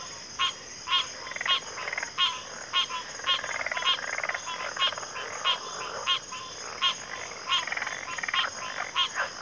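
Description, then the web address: Crickets in full chorus, an unbroken high trill plus regular pulsed chirps and a fainter, overlapping background of calling. Cricket chorus recorded at a backwater. "Natures Songs Sleep Sounds of Nature CRICKETS Backwater Chorus"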